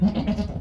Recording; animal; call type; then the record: contact call of a hoofed animal; goat; low-frequency (closed-mouth) or high-frequency (open-mouth) call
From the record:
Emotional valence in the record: negative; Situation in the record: food frustration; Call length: 0.61 s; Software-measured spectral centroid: 1290 Hz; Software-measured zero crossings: 720 a second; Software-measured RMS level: -23 dBFS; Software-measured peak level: -11 dBFS